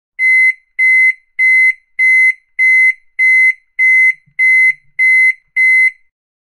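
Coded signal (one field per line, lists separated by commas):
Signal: none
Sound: generic electronic beep tones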